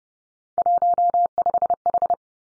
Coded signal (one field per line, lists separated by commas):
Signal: Morse code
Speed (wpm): 30 wpm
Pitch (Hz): 700 Hz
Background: none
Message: 15H